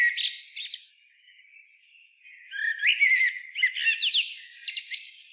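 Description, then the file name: Eurasian blackbird song: the twittering end of one phrase, a short pause, then a new phrase of rich fluted notes breaking into squeaky high trills. "Turdus merula"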